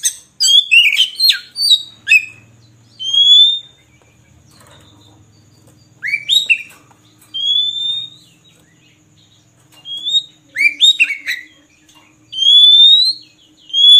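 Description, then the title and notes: Oriental magpie-robin singing loud phrases, clear rising whistles mixed with buzzy chattering bursts, separated by pauses. Long-duration magpie-robin filler (isian) song, played to train birds to sing actively (gacor) day and night. "Kacer Jadi Gacor Siang Malam. Isian Kacer Durasi Panjang"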